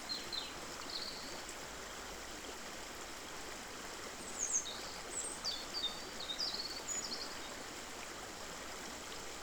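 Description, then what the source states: Songbirds giving thin, high twittering notes in short scattered phrases over the steady rush of flowing water. Morning songbirds beside the Črnomerečki potok stream, Zagreb, 25 February 2024.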